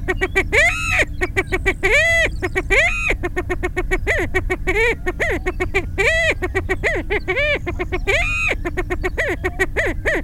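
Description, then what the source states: Greater prairie chicken cackling: loud, rapid bursts of arched, nasal clucking notes repeated in quick runs with brief pauses. Bird calling when flushed.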